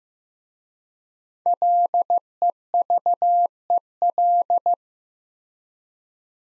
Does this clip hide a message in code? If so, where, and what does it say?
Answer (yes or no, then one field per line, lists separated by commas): yes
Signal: Morse code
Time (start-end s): 1.5-4.7 s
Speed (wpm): 15 wpm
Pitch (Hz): 700 Hz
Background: none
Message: LEVEL